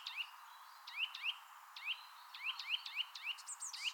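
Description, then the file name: Eurasian nuthatch: upslurred whistled notes, first spaced out, then a quicker run near the end, with faint high chirps. "Sitta europaea"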